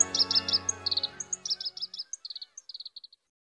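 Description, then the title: Black-browed reed warbler song: quick chattering clusters of high, dry notes in short bursts, fading out toward the end over a quiet background. Recorded on Teuri Island, Hokkaido, Japan. "天売島（北海道）のコヨシキリ"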